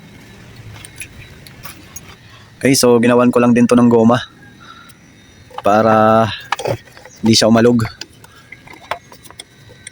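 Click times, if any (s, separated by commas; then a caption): 9.4 s. A restorer fits the other side cover, with rubber added to stop it rattling, onto a Kawasaki Bajaj Boxer CT150 motorcycle frame and pushes it until the latch locks, while someone talks. Several short clicks and knocks sound near the start and again near the end. The side cover latch locks into place with a click at 9.4 s.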